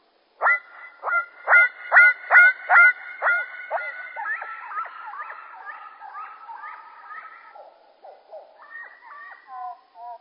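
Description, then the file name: Common blackbird song, slowed: a rapid run of loud, evenly spaced notes, then a softer, wavering warble that trails off into a few falling notes. Slowed down. "Merle Et Merle Au Ralenti Merle noir ralenti"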